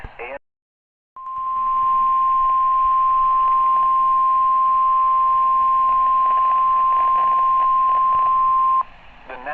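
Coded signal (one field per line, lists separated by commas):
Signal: Emergency Alert System (SAME) tones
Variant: 1050 Hz attention tone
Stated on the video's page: Alerts recorded on a digital camera, from NOAA weather radio severe weather alerts.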